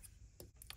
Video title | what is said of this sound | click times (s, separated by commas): Maisto 2000 Chevrolet Impala Police Car Build Project and Review (Scale 1/24) | you can see for this door frame it just pops into place like that and | 0.7 s